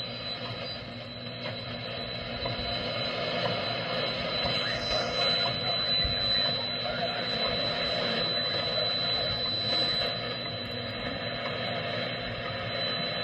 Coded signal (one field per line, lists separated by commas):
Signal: radio time signal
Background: speech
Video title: WWV atomic ⏰ with some information